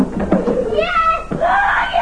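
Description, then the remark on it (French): A boy lets out an excited victory scream on unwrapping a Nintendo 64 Christmas present: a few short vocal bursts, then two high-pitched, sustained shrieks with wavering pitch, loud and clear. “Cri de victoire.”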